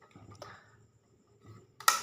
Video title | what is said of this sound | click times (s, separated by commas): paano nga mag install ng single switch at LED lights panel step by step. | ganyan lang guys Basic lang pagpasok yan guys Pag tumunog na lumagitik na guys nakapasok na yan guys | 1.9 s